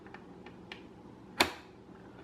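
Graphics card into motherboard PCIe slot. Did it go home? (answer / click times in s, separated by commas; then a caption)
yes / 1.4 s. A Sapphire Radeon Nitro RX460 OC graphics card is pressed down into a motherboard's PCIe x16 slot, and a few faint ticks precede one sharp, bright click at 1.4 s. That click is the slot's plastic retention clip latching, and the card is seated.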